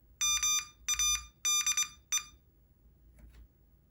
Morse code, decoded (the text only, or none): MADE